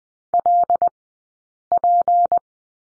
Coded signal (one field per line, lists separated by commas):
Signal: Morse code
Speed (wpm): 20 wpm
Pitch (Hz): 700 Hz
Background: none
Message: LP